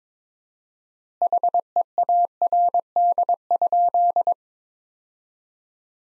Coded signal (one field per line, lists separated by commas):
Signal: Morse code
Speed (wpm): 21 wpm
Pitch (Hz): 700 Hz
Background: none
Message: HEARD?